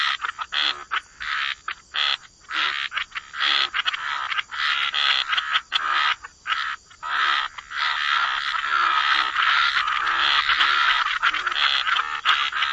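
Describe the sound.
Frogs calling in a busy chorus of rough, pulsing croaks, short gaps early on, then a near-continuous wall of overlapping calls.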